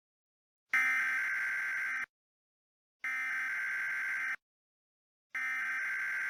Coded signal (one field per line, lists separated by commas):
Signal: Emergency Alert System (SAME) tones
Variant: header bursts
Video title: EAS Scenario: "The NFL's Awakening" (2021 Original)